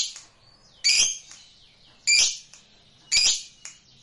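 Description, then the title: Lovebird uttering three loud scratchy chirps, each about a second apart, with softer twittering notes in between. Recording meant to make a lazy lovebird eager to sing, spontaneously going straight into narik singing. "LOVEBIRD Malas Bunyi JADI GREGET SPONTAN Langsung NARIK"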